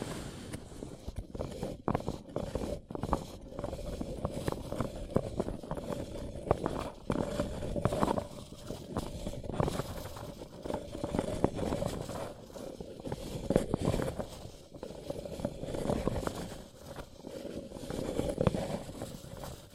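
Paper cup tingles: a dense, continuous run of crinkling, scratching and tapping on a paper cup, with sharp clicks arriving every fraction of a second throughout. A faint steady mid-pitched hum sits underneath, and the sounds stay fairly even in loudness.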